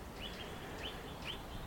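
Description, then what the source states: Eurasian nuthatch calls: a few high, short upslurred notes over steady background noise. High-pitched notes heard near a riverside cabin on the River Usk, Wales, in early January, with the river high.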